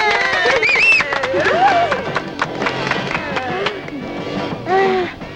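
An audience claps steadily throughout for a guest on a Japanese radio program, a dense patter of hands mixed with scattered high cheers and whistles, fairly loud and holding for several seconds before easing slightly at the end.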